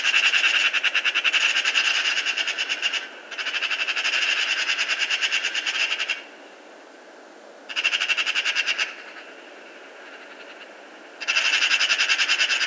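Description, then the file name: Eurasian magpie delivering several bursts of fast, harsh rattling chatter, each lasting one to three seconds, separated by short quiet gaps. "Pica pica"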